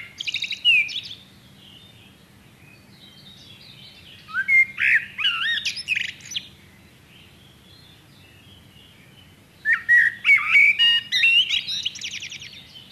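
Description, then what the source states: Common blackbird producing three separate song phrases, each mixing fluted whistles with rapid high-pitched squeaky trills, with pauses of several seconds between them and faint background hum. Nominate subspecies Turdus merula merula.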